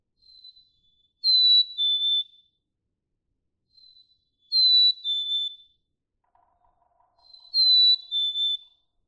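Black-capped chickadee sings three times, each phrase a faint lead-in note then a loud high whistle dropping to a lower whistle, with quiet between.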